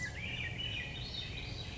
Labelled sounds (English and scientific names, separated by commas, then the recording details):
Swainson's Thrush (Catharus ustulatus)
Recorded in Sonoma County, California